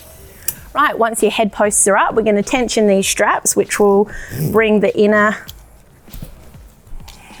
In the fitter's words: and then you'll hear the clicking of the lock pin.